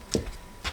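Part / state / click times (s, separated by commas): torque screwdriver on ground bar terminal screw in electrical panel / torque reached / 0.1 s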